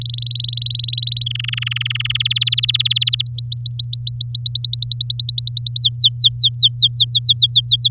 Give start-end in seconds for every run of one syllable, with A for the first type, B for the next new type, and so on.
0.01-1.24 A, 1.26-2.17 B, 2.20-3.22 C, 3.26-4.43 D, 4.46-5.81 E, 5.82-7.88 F